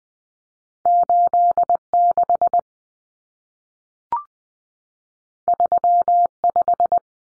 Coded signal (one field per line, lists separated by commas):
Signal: Morse code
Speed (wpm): 20 wpm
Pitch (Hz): 700 Hz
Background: none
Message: 86 35